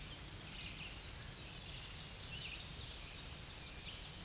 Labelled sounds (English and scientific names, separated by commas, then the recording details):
American Redstart (Setophaga ruticilla) song
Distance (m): 30 m
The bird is about 5 m above the microphone
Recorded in a Pennsylvania forest on 16 May 2024 at 07:40
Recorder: AudioMoth, point MSD-0383
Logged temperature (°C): 15.3 °C
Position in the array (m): 114 m, 224 m